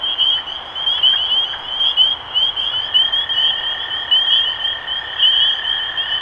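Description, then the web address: Spring peeper chorus of bright upslurred peeps roughly each second, a lower steady tone joining partway through. Recorded 23 March 2012. "rob animals Peepers-2012-0323"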